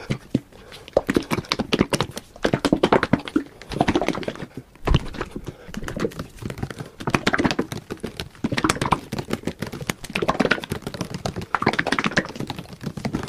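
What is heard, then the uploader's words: Fast, aggressive triggers: dense bursts of sharp tapping and clicking, like rapid typing or hooves clip-clopping, follow one another with hardly a pause. The sounds are crisp, with a brief louder snap just before the five-second mark, over a soft rustling bed. ASMR AGGRESSIVELY FAST TRIGGERS AGAIN.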